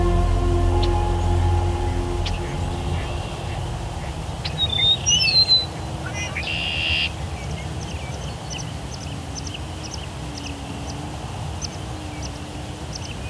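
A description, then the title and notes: An evening chorus of birds. A low engine-like hum fills the first few seconds, then scattered whistles and a short buzzy call sound around the middle, followed by a thin, regular chirp repeating about once a second over a steady murmur. Evensong. At sunset in some locations, an auditory compliment to the dawn chorus occurs.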